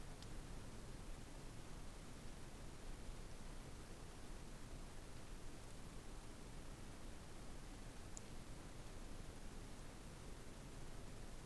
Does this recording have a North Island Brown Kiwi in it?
no